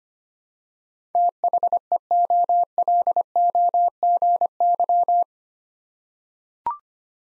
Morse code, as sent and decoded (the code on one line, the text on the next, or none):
- .... . --- .-.. --- --. -.--
THEOLOGY